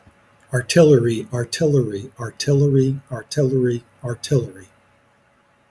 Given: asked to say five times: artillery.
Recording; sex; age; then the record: repeated word; male; 60 to 69 years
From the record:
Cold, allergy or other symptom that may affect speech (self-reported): no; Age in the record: 60 years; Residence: Virginia, United States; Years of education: 12